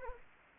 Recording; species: mosquito wingbeat signal from an infrared sensor; Anopheles arabiensis